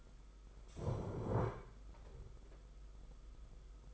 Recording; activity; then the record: daily activity, microphone in the room; stand up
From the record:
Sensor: 5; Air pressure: 991.8 hPa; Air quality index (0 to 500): 142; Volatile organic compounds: 124 ppm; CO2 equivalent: 3899 ppm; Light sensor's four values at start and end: 32/108/40/43 and 32/108/40/43